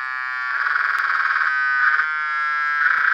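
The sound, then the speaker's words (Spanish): A mobile phone vibrating, one of 150 sound samples for playing a piano, giving a harsh, rattling buzz in bursts: one long pulse, then two shorter ones, over a faint steady drone. No one speaks. “Eso, por ejemplo, sería un teléfono móvil vibrando.”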